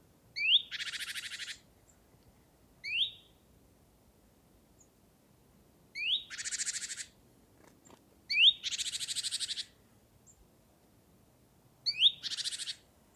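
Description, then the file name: Great tit calls: thin rising notes, some followed by dense harsh buzzing churrs, given in irregular bouts over several seconds. "Parus major"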